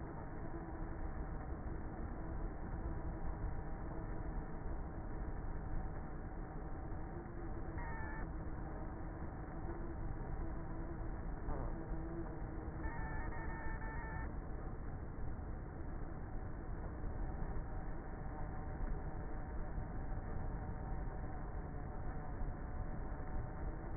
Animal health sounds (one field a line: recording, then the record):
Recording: honeybee colony, microphone inside the hive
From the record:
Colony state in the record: queenless with a low population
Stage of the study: before two queens were removed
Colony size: about 30,000 bees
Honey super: no